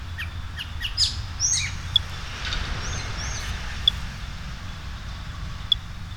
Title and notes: la mirla patinaranja ( Turdus fuscater ) en la Estación de la Sábana, Bogotá, Colombia